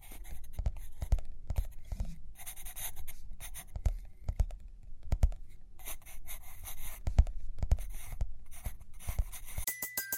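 Pencil or pen writing and drawing on paper, with repeated scratchy strokes in bursts. Frequent sharp low taps land roughly every half second. A brief high tone and a short change in sound appear just before the end.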